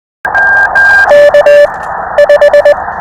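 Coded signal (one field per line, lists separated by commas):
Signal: Morse code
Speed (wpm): 20 wpm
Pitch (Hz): 580 Hz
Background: none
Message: K 5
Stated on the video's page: Real callsigns copied during a POTA park activation at Biscayne National Park, not computer generated.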